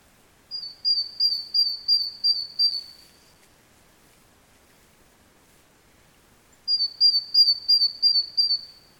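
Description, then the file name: Great tit calling, a brisk run of about eight high, even, whistled notes, a long silent gap, then another matching run. "Parus major"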